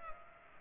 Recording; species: mosquito wingbeat signal from an infrared sensor; Culex pipiens